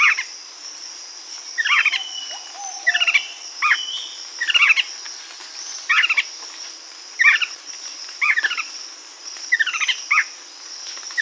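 Bird calls: short bursts of rapid descending chirps repeated at short intervals, with a continuous high insect-like whine behind them.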